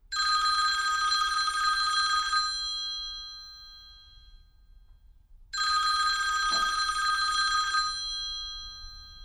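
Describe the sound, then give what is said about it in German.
Wallis's mobile phone suddenly rings at the Kurhotel zur Traube, in two loud bursts of a bright, trilling electronic tone, each lasting about two and a half seconds with a pause between; the caller is Frau Fürst from the registry office. Nobody speaks. “Der allerletzte Funkenglaube an seine Trauung wird gekillt, als Wallis Handy plötzlich schrillt.”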